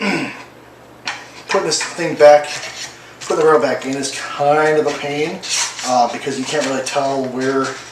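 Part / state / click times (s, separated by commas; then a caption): feed rail part into paintball marker body / not seated / none. Someone talks while re-inserting the feed rail part into the body of a T15 paintball marker, which is hard to line up because it's tricky to tell where it goes. Brief scraping and rubbing handling sounds are heard around the speech, including a short sharp sound near 1.1 s. The part has not seated or clicked into place yet.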